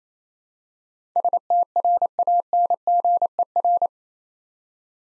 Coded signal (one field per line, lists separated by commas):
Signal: Morse code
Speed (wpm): 27 wpm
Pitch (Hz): 700 Hz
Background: none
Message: STRANGER